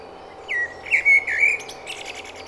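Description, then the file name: Common blackbird song phrase: a few mellow, fluty whistled notes sliding around the middle register, followed by a thin, high twittering flourish, over faint background hiss. "Turdus merula"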